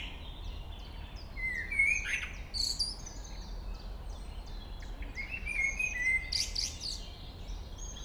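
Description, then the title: Common blackbird song, clear whistled phrases with flourishes, interrupted by pauses, over steady low background noise with other small birds chirping. Local bird singing along Chemin des cris, Chindrieux, France. "Chemin des cris, Chindrieux, France - Merle"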